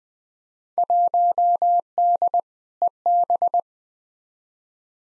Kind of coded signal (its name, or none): Morse code